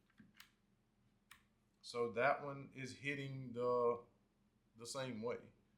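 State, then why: Not seated. The ejector in the frame of a CZ P09 C Nocturne pistol is handled while being checked for a possible issue, with two faint, sharp ticks near 0.4 s and 1.3 s. Someone then talks. The ejector has not clicked over to the left or seated yet.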